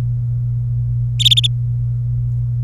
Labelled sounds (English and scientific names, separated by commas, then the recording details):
Domestic Canary (Serinus canaria) song
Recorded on 26 April 2018 at 14:17
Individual llb3